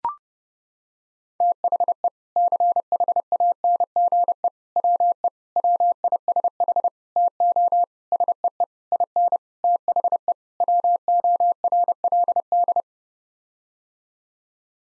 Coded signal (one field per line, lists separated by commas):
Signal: Morse code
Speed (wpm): 30 wpm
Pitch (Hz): 700 Hz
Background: none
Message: THE CHANGE WE WISH TO SEE IN THE WORLD